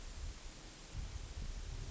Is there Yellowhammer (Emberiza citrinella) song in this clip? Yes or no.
no